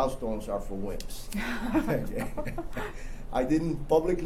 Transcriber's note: laughter